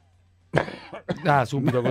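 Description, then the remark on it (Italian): A sudden, harsh cough bursts out of near silence, then a person begins speaking right after it in a steady, voiced tone. “Subito, colpo di tosse.”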